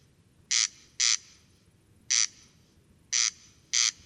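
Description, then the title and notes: Corn crake song: dry, scraping 'crex crex' notes, mostly in pairs, against a faint hiss. Single singing bird near a peat bog at Col Bayard, Hautes-Alpes, 12 July 2018, evening; sang continuously from 23:00 until dawn; recorded with Nagra Seven and Telinga Pro7. "Observation sonore - Le Râle des genêts. 12 juillet 2018-Col Bayard - Hautes Alpes. Râle des genêts ( Crex crex)"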